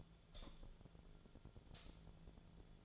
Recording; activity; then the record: daily activity, microphone in the room; light off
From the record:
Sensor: 5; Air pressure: 1009.9 hPa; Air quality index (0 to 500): 155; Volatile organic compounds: 3 ppm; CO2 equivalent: 1516 ppm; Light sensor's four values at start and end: 216/550/226/244 and 216/548/226/244